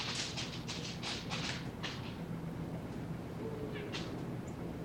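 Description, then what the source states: Deer snort wheeze: a quick series of breathy, hissing puffs across the first two seconds, then a couple of fainter puffs near the end. Buck's second snort wheeze, given while feeding; his rack caught in a bush and the doe seemingly thought he was breaking towards her.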